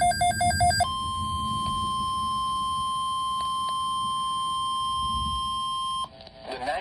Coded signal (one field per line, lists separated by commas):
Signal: Emergency Alert System (SAME) tones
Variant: 1050 Hz attention tone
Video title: EAS #348 (Severe Thunderstorm Watch)